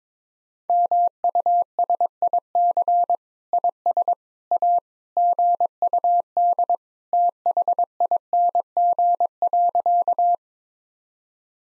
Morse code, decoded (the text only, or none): MUSIC IS A GUD THING.